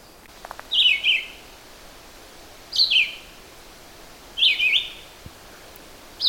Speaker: always so grateful on these very quiet mornings when at least a red-eyed vireo will sing for me.